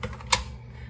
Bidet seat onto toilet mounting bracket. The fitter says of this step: then you just slide that in. Hear the click, and then you try to pull it out and see if that works, right?